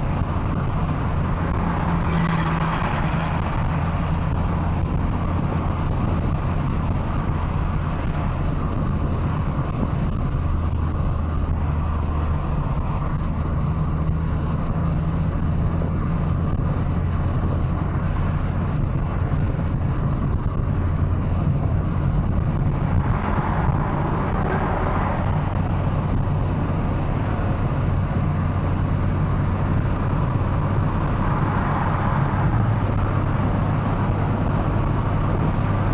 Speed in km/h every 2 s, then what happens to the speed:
98, 96, 97, 97, 95, 90, 88, 92, 99, 102, 101, 103, 105, 107, 107, 107, 114, 115.
0-13 slows to 88. 13-17 speeds up to 102. 17-30 steady at about 105. 30-36 speeds up to 115.